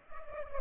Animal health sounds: mosquito wingbeat signal from an infrared sensor; Culex pipiens

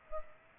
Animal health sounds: mosquito wingbeat signal from an infrared sensor; Culex pipiens

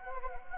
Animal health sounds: mosquito wingbeat signal from an infrared sensor; Anopheles gambiae

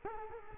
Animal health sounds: mosquito wingbeat signal from an infrared sensor; Culex quinquefasciatus

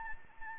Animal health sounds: mosquito wingbeat signal from an infrared sensor; Anopheles arabiensis

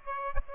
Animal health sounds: mosquito wingbeat signal from an infrared sensor; Aedes aegypti

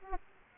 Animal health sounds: mosquito wingbeat signal from an infrared sensor; Aedes aegypti

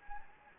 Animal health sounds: mosquito wingbeat signal from an infrared sensor; Anopheles gambiae

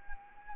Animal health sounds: mosquito wingbeat signal from an infrared sensor; Anopheles arabiensis

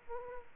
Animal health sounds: mosquito wingbeat signal from an infrared sensor; Aedes aegypti

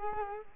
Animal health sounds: mosquito wingbeat signal from an infrared sensor; Culex quinquefasciatus

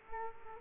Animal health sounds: mosquito wingbeat signal from an infrared sensor; Culex quinquefasciatus

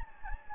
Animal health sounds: mosquito wingbeat signal from an infrared sensor; Anopheles gambiae

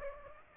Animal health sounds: mosquito wingbeat signal from an infrared sensor; Aedes aegypti

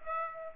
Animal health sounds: mosquito wingbeat signal from an infrared sensor; Aedes aegypti

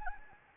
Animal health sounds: mosquito wingbeat signal from an infrared sensor; Anopheles arabiensis

